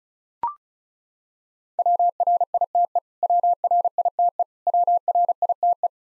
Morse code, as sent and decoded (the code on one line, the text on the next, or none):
.-- .-. .. - . / .-- .-. .. - . / .-- .-. .. - .
WRITE WRITE WRITE